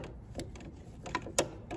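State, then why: Torque reached. A torque wrench tightens a scanned carbide bur threaded into the spindle of a CEREC Primemill dental milling machine, with faint ratcheting ticks around 0.4 s and 1.2 s. The wrench gives its loudest, sharpest click at 1.4 s, signaling that the bur has reached its set torque.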